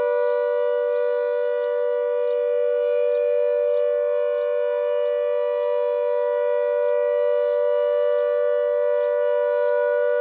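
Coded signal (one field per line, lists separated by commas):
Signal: siren signal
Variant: air raid All Clear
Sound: a loud, steady, unwavering siren note held at constant pitch throughout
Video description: The last ever "All Clear" signal on the Isle of Man air raid siren network to mark the 75th anniversary of VE Day.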